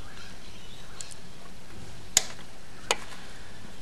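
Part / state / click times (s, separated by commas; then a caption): belt tension gauge pressed on a three-wheel motorcycle drive belt / torque reached / 2.2 s. A belt tension gauge is pressed down on the drive belt of a Can-Am Spyder three-wheel motorcycle to recheck it after the belt tension is adjusted. Over a steady background hiss, two faint ticks come near 1.0 s, then a sharp click at 2.2 s and a second softer click at 2.9 s. The gauge clicks on the recheck, confirming the tension.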